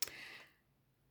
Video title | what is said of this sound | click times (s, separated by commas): Cutting of pop out gatefold | foil blade and then click. You heard it. Click close. | 0.0 s